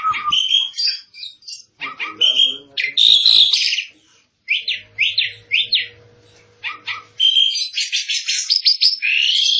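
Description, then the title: Asian pied starling in varied song: chattering notes, squeaky whistles and rattles in quick succession, with a faint low hum underneath for a few seconds. Full song with fill-in phrases (full isian song style). "Jalak Suren Full Isian"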